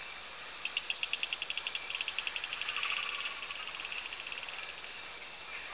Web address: Sound Effects Library-30 (Africa- The Natural World). Cameroun- Turaco Birds, insects and tree frogs